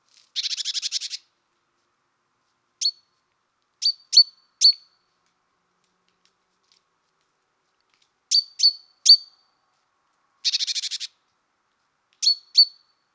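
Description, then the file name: Great tit scolding: two short buzzy churring rattles, with several sharp, high chip notes, singly and in twos and threes, between and after them. "Parus major"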